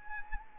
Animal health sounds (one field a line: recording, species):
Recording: mosquito wingbeat signal from an infrared sensor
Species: Anopheles arabiensis